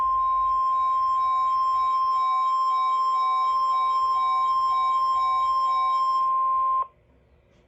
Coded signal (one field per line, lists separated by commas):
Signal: Emergency Alert System (SAME) tones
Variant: 1050 Hz attention tone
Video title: Only Tests! ALL Alerts from November 2021 (EAS#204-211)